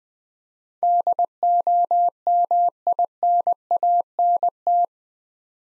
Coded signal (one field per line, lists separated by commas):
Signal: Morse code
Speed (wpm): 21 wpm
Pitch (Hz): 700 Hz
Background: none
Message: DOMINANT